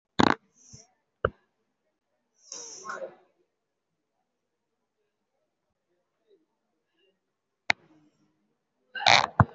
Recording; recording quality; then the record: shallow breathing; excellent, no background noise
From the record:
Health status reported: COVID-19 positive, moderate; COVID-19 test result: positive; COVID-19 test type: RT-PCR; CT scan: taken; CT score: 2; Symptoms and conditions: breathing difficulty, another respiratory illness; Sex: female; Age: 78 years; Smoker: no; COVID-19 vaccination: one dose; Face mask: worn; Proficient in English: no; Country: India